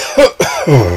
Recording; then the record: coughing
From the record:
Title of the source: Dry Afternoon Cough